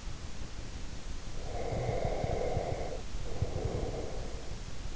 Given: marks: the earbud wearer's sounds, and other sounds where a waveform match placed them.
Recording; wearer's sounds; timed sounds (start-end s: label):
sounds in sleep by an in-ear microphone; breath
1.29-4.57 s: breath